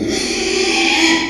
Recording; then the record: squeal of a Yucatan mini pig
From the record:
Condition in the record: after surgery on the right vocal fold (resection and tissue-engineered implant); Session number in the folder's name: 2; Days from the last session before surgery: 13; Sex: male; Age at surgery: 12 weeks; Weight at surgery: 13 kg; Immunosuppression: cyclosporine, prednisolone